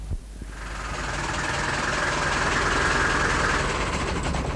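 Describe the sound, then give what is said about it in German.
A truck engine idles in a steady, continuous rumble with a broad mechanical hum that swells slightly after the first moment and holds evenly throughout, with no voices; the truck is stopped on a street closed to trucks in Berlin. “Na Mann, haben Sie denn nicht gesehen, dass diese Straße für Lastkraftwagen gesperrt ist?”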